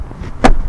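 The external Jeep-style latch on the metal hood of a Hummer H2 Special Chrome Package SUV is fastened after the hood is closed. A quieter first contact at 0.1 s is followed by a loud, sharp snap at 0.5 s as the hood latch locks shut.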